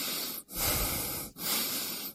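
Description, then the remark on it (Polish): Deep, noisy breathing on command in a 2017 radio advertisement about smog on Polish Radio's Trójka (Program Three): two long airy breaths, each almost a second, separated by brief pauses. Steady, breathy hiss with no talking. “Proszę oddychać.”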